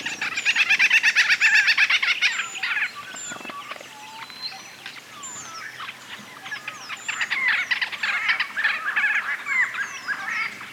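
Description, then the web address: Hall's babbler chatter: a dense, rapid rattle of harsh notes for about three seconds, then scattered squeaky calls and renewed chattering bursts. "sound Hall's-babbler. صدای-پرنده-لیکویی-هل"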